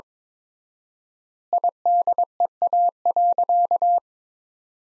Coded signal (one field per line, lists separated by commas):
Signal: Morse code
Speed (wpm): 22 wpm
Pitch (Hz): 700 Hz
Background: none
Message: IDEA.